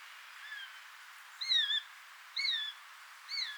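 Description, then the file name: Eurasian jay uttering four drawn-out downslurred calls about a second apart, the first faint, against light background hiss. "Garrulus glandarius"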